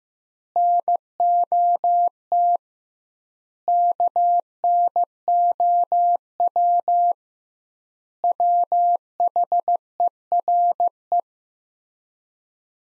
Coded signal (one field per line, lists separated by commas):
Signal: Morse code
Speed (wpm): 15 wpm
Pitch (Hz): 700 Hz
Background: none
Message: NOT KNOW WHERE